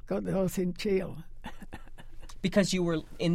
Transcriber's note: laughs